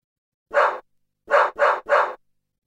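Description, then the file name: Dog barking, one single bark followed after a brief pause by three quick barks in a row. "cani dog"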